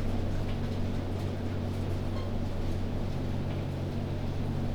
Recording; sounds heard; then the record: poultry house recording; healthy chickens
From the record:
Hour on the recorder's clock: 23